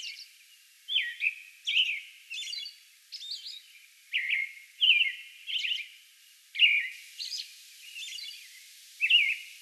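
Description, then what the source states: American robin song, a series of whistled phrases mixed with sharp high-pitched squeals, with short pauses between. Song bout recorded May 11.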